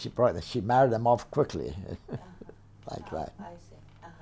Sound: chuckles

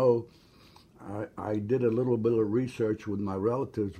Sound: none

